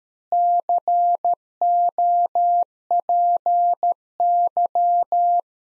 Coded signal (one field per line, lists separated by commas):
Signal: Morse code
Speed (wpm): 13 wpm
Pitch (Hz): 700 Hz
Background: none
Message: COPY